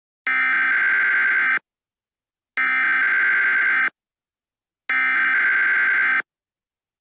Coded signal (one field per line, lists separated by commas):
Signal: Emergency Alert System (SAME) tones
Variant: header bursts